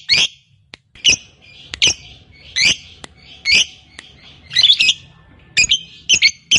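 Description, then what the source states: Lovebird calls, short harsh shrill chirps repeated roughly every half second to second, some doubled. Fighter lovebird.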